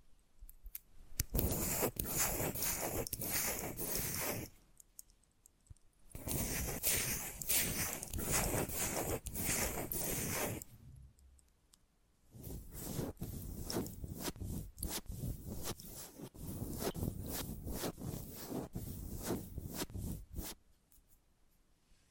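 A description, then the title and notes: Dry scratching and tracing strokes come in three long bursts, each several seconds of dense rasping with quick tapping flicks, separated by short pauses near 5 and 11 seconds. The sound is bright, like fingers rubbing, and ends around 21 seconds. Invisible Tapping, Scratching, Tracing (No Talking).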